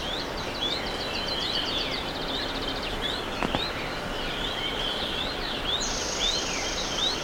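Birds calling together in rapid high trills and chirps, one sharp downward stroke midway, and an insect buzz near the end.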